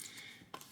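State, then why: Seated. A stainless steel press-stud popper on a leather watch travel case is pressed closed, giving a sharp snap at 0.5 s followed by a quieter tick just after. The popper seats with a positive click, securing the case shut.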